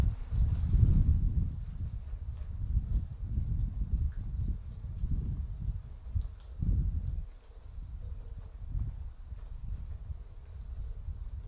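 Thunder rolls through a gentle storm as a deep, continuous rumble, heaviest in the first second or two. It then swells and fades in uneven waves, with stronger surges around six and nine seconds before easing into a softer low murmur.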